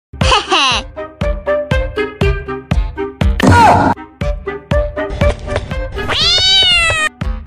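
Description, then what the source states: Cat meowing, a wavering meow at the start and a long arching meow near the end, set among a bouncy run of plucked musical notes. Orange cat.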